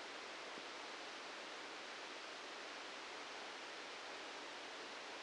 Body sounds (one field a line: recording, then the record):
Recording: brain microelectrode recording played as sound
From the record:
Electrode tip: outside the subthalamic nucleus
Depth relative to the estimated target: 3 mm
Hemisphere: left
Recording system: NeuroSet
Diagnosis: Parkinson's disease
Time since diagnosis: 10 years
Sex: male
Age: 56 years